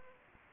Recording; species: mosquito wingbeat signal from an infrared sensor; Anopheles gambiae